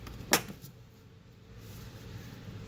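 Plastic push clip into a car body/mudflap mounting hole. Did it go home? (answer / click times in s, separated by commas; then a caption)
yes / 0.3 s. A new plastic push clip, replacing a factory clip in one of the upper mounting holes for the mudflap on a 2019–2024 Subaru Forester, is pressed in by hand. It gives a single sharp, satisfying click at 0.3 s, followed by quiet low background noise. The clip is seated.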